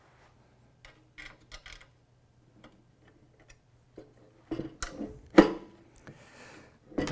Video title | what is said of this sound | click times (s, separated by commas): How to Setup a Redbird TD or TD2, including a Horizon Visual Expansion Kit | bit and that goes all the way up there until it clicks | 5.4 s